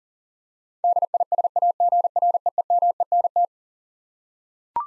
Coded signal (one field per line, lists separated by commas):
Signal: Morse code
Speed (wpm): 40 wpm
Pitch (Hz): 700 Hz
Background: none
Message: DISAGREEMENT